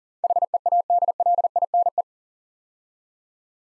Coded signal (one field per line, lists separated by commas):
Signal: Morse code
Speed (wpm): 39 wpm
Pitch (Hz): 700 Hz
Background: none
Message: HEADLINE